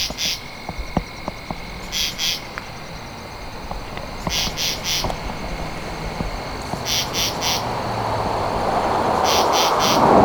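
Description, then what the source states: Katydid rasping in bursts of two or three pulses about every two and a half seconds, with scattered clicks and a broad noise that swells toward the end. Recorded 2 October 2012.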